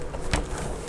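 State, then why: Not seated. A plastic multi-pin wiring harness connector is handled at the socket on the back of a car stereo head unit, a connector that only goes in one way. A single short, sharp handling knock is heard at 0.3 s over a low background. The connector has not seated or clicked yet.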